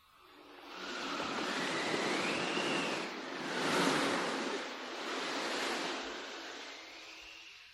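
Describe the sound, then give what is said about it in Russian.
Sea waves wash and surge in steady broad swells under a rushing wind as the ship Running on the Waves sails on a strong following wind. There are three or four rising and falling pulses of surf and no voices. “Бегущая по волнам шла на резком попутном ветре.”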